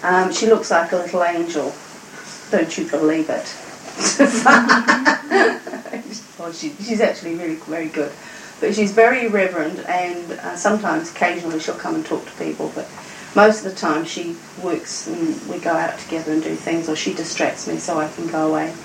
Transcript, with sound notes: She looks like a little angel, don't you believe it. (Laughter) She is actually very good, but she is very irreverent and sometimes occasionally she will come and talk to people but most of the time she works and we go out together and we do things or she distracts me so I can go away.